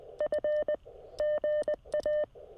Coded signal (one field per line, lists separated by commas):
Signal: Morse code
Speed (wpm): 20 wpm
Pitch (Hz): 590 Hz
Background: none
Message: F GA